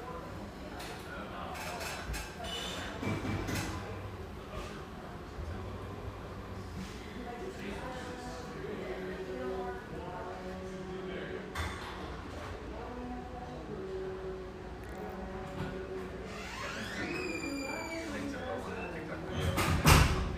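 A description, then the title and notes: A bubbly espresso bar with a surf-shack feel: steady overlapping chatter fills the whole stretch, broken by frequent sharp clinks and clatter of cups and dishes. Just after seventeen seconds a brief high squealing tone cuts through, and a loud clack lands at the end. Bubbly surf-shack-meets-espresso-bar in one of sunny Marin's best towns.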